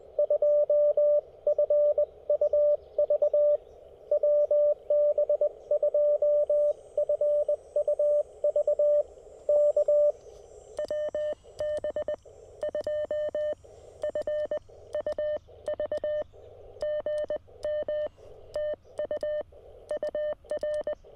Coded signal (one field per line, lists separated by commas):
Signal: Morse code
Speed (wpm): 20 wpm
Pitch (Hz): 590 Hz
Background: radio noise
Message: 2FUV WB2FUV K WB2FUV GM TU UR